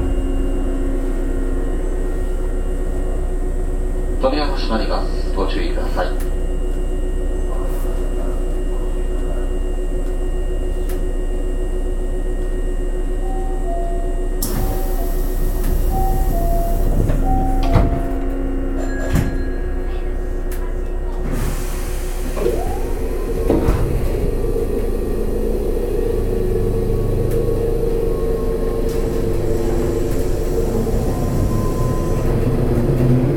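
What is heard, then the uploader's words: A local train on the Kobe Line rumbles along with a steady low hum and a constant mid-pitched drone. Short clanks and thuds come through around 5, 15 to 19 and 23 seconds, with brief high squeals, and the roar grows brighter after 21 seconds. 阪急7000系 神戸線普通 西宮北口から神戸三宮まで. 阪急電鉄7000系電車の走行音です。 神戸線の普通列車にて収録しました。 Local train of kobe Line.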